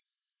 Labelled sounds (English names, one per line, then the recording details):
Yellowhammer song
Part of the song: start
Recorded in the Czech Republic on 23 May 2015
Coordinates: 50.012, 16.238
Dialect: BE
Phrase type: B28
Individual ch018